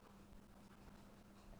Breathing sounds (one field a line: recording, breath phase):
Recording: one breath near a microphone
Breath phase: inhalation